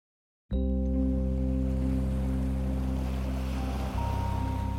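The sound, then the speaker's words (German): A steady, deep rushing of sea water swells in abruptly and keeps going without a break, layered with a low droning hum and a faint higher tone, with no voices. “Müde schlängelt sich das Aalweibchen mit ihrer kostbaren Fracht im Bauch durch die Meeresströmungen.”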